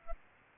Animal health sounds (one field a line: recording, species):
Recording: mosquito wingbeat signal from an infrared sensor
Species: Aedes albopictus